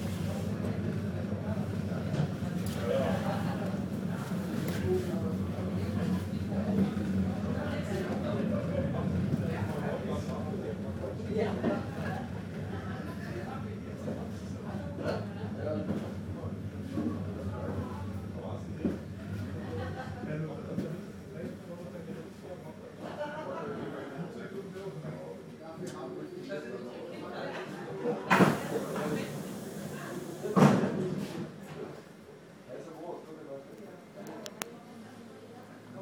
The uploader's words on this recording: Train stop - Berlin Karlshorst by Bougie.